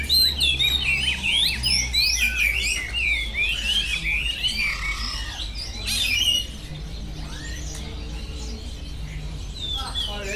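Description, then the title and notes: Birds chatter in a rapid dense chorus of high chirps for about six seconds, then fewer scattered notes continue over a low hum. Birds singing at the Bird Garden, Mongkok, Hong Kong, 15 February 2008; recorded with AKG condenser microphones in XY stereo. "香港 旺角 雀鳥花園 雀鳥唱歌 (內附有人類語言中的粗囗) Bird Singing in the Bird Garden, Mongkok, Hong Kong Date: 15 February 2008"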